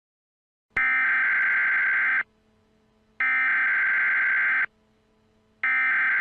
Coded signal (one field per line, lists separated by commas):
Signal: Emergency Alert System (SAME) tones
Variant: header bursts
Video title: Eas Scenario #2 The Great Florida Algae Bloom (Part 1)